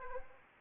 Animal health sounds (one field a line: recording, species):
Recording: mosquito wingbeat signal from an infrared sensor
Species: Anopheles arabiensis